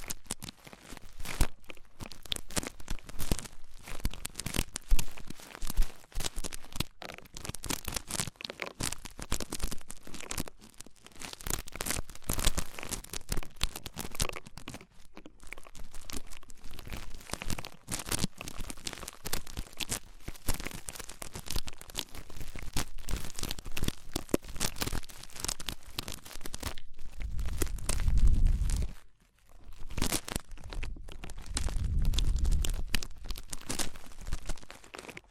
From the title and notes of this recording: ASMR Twin Ear Cleaning to Put You in a Coma (No Talking).